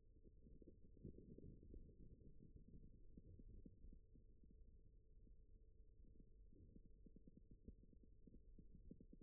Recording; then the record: forearm muscle sounds (acoustic myography)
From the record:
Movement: rest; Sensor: system 1, eight BSWA MPA416 microphones around the upper forearm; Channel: 7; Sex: male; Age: 41 years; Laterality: right